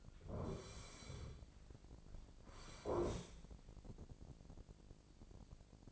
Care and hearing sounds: daily activity, microphone in the room; sit down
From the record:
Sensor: 5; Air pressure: 1009.3 hPa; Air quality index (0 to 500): 157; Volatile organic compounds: 2 ppm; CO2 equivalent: 1204 ppm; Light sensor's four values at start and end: 245/590/248/269 and 241/580/244/265

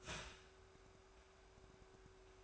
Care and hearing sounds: daily activity, microphone in the room; start toaster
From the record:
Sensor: 2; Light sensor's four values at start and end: 3/9/3/3 and 3/9/3/3

